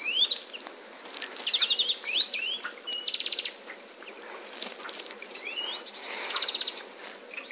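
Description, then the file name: European greenfinch giving rapid rattling trills mixed with short twitters and upslurred whistles, in several bursts over a steady background hiss. "Chloris chloris"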